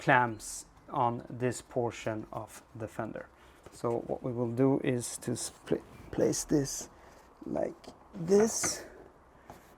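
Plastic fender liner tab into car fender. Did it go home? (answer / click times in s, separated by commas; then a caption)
no / none. Someone talks while positioning the plastic fender liner against the fender of a 2016–2021 MX5 ND/ND2, getting its tab ready to pop into the fender clamps. Only speech and light handling are heard. Nothing has seated or clicked yet.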